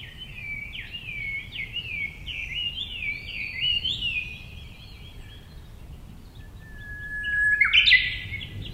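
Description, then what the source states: Japanese bush warbler song: a rapid run of repeated, downward-sliding whistled notes, then a long level whistle ending in a sharp upward flourish. Recorded on 10 April 2016.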